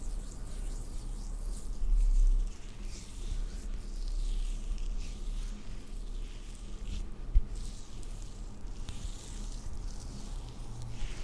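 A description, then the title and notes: Makeup being applied to a face, heard as soft brushing and dabbing swishes that come and go in the upper range over a steady low hum. A louder stretch of rubbing comes around two seconds, and a single sharp tap lands near seven seconds. ASMR First person Makeup On Your Face(No Talking).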